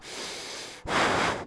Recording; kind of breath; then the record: one breath in and out by a microphone near the nose and mouth; strong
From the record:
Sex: male